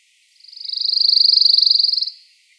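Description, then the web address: Pine warbler giving one steady, rapid trill of identical notes that swells and fades. "chant xeno-canto paruline des pins"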